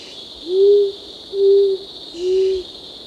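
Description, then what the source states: Short-toed coucal: three steady, deep hoots from a short-toed coucal, evenly spaced, against a loud, continuous shrill insect chorus. Recorded on 1 April 2006.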